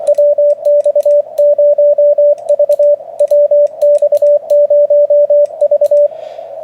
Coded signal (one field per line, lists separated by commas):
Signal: Morse code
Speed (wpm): 24 wpm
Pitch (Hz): 580 Hz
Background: radio noise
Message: WX0V WX0V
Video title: Mosley 6M-33-JR Frankensteined 6m Yagi